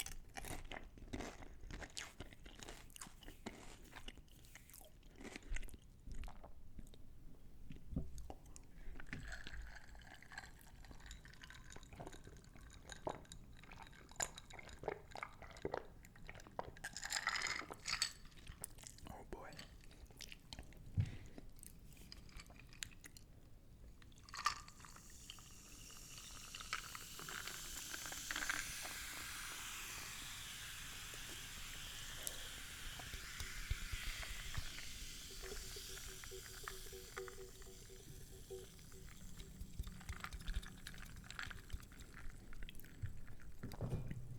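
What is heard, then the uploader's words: Someone eats a curry meal with naan and poppadums, with frequent sharp crunches, bites and wet chewing clicks scattered through the first half. After about 25 seconds a brighter hissing wash rises and lingers, with quieter chewing and a faint steady tone near 35 seconds. Eating Lamb Bhuna Curry With Garlic Naan Bread & Poppadum's (ASMR MUKBANG).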